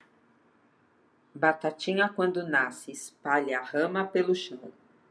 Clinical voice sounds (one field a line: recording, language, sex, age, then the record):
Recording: short text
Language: Brazilian Portuguese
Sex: female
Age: 60 to 69 years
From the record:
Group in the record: control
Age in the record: 62 years